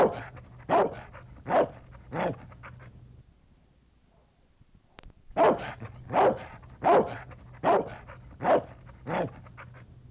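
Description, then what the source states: Dog barking: three heavy barks, a quiet pause of about two seconds, then a steady run of six more barks. Large dog barking.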